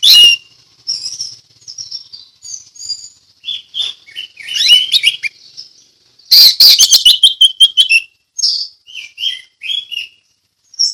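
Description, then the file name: Orange-headed thrush singing a long, rambling sequence of varied whistles and chirps, with a loud rapid chattering passage midway and softer phrases after. Ngeplong song style. "anis merah ngeplong"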